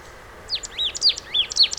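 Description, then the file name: Marsh tit calling in a rapid run of sharp, high downslurred notes over faint background hiss. "Poecile palustris"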